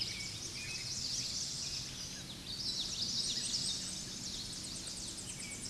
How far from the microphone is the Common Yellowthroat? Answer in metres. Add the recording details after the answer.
about 30 m. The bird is about 5 m below the microphone. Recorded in a Pennsylvania forest on 16 May 2024 at 08:05. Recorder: AudioMoth, point MSD-0407. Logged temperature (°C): 15.8 °C. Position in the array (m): 56 m, 145 m